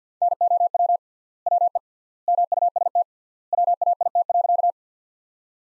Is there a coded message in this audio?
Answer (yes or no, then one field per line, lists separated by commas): yes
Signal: Morse code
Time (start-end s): 0.2-4.7 s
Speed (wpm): 50 wpm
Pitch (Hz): 700 Hz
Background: none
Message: NOW WE MUST WAIT.